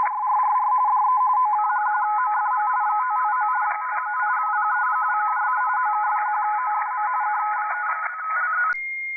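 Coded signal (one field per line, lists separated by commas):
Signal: RTTY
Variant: 45 baud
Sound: rapid warbling two-tone teletype chatter, a second overlapping RTTY signal joins midway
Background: radio static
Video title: VP2MUM (DL2RUM) Using his RUMped contest software on 30M RTTY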